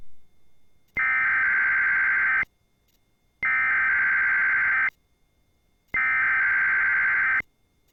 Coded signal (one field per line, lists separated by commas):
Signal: Emergency Alert System (SAME) tones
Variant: header bursts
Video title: Sage Relay: WXL52 Weekly Test (11/3/21)(EAS 975)